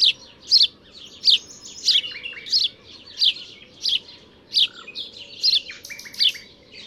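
House sparrow chirping, sharp bright chips repeated well under a second apart, with softer chatter between them.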